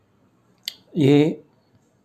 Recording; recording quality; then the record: sustained vowel as in made; excellent, no background noise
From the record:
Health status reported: healthy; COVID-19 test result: not tested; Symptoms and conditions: none ticked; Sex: male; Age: 50 years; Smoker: not ticked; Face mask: not worn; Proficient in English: yes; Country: India